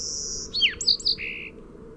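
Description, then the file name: Song sparrow song fragment: a high thin note, then sharp downslurred and looping notes, ending in a lower steady note, over faint background hiss. "SOSP song"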